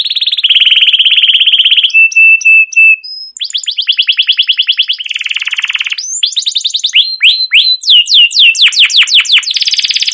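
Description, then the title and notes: Canary singing a long varied run: a rolling trill, a few pure whistled notes, then rapid repeated chirps and fast descending sweeps. Canary song used as a lure (pancingan) to train other canaries to sing long, continuous song (gacor, ngerol); described as chirping 'cuit cuit'. "CUIT CUIT NGEROL LANGSUNG GACOR PANJANG Kenari Ini AMPUH Utk Pancingan KENAR. burung kenari"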